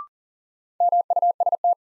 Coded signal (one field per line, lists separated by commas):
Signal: Morse code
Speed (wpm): 40 wpm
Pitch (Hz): 700 Hz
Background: none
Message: MUST